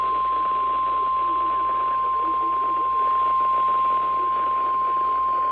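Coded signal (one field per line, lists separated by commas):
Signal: Emergency Alert System (SAME) tones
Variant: 1050 Hz attention tone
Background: speech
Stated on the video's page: Relayed EAS tests, some failed, one with no attention tone.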